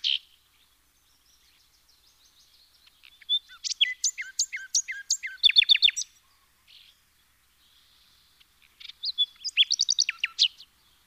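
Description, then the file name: Common nightingale song: a burst of fast, repeated chopping notes and rattles, a pause, then another rich phrase of rapid descending trills. "Luscinia megarhynchos"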